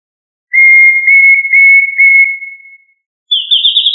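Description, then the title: Thrush giving a series of level whistled notes that fade out, then after a pause a higher, rippling whistled phrase. "Familia Turdidae - Sabia"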